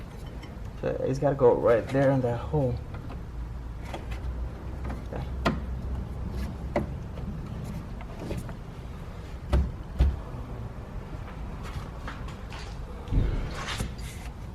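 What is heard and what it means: A replacement rear signal module for a 2001-2007 Mercedes-Benz C-Class W203 is lined up with its locating hole in the trunk mounting bracket while someone talks. Sharp handling knocks are heard at about 5.5, 6.8, 9.5 and 12.1 seconds as it is worked into place. The module's retaining tab has not locked yet, so nothing has seated or clicked.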